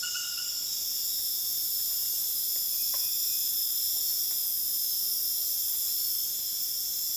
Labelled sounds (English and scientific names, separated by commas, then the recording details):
none
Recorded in dense forest near Puerto Asís, Putumayo, Colombia, on 25 June 2025 at 21:30
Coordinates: 0.484, -76.325
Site H65